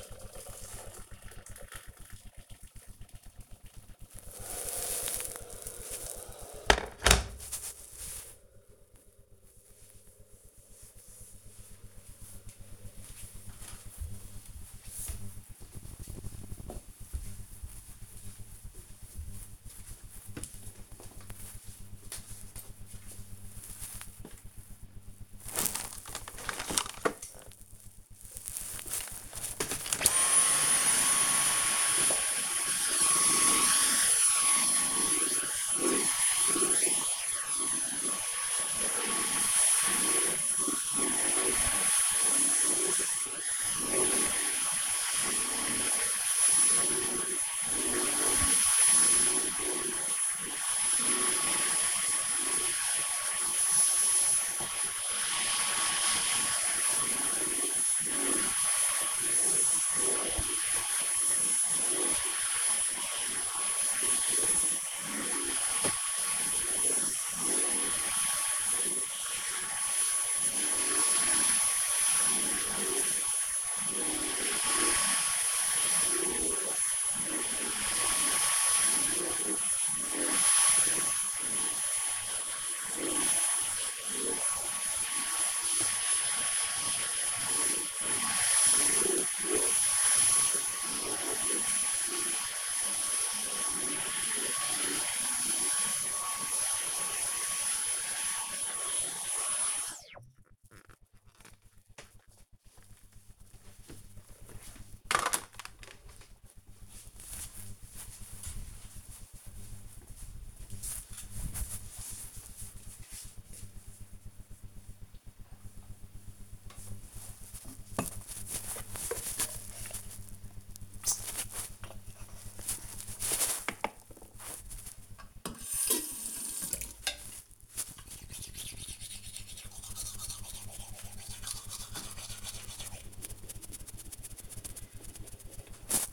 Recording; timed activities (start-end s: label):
household activities, microphone on the right wrist
0.00-8.36 s: making tea
25.47-99.03 s: vacuum cleaning
116.14-136.13 s: brushing teeth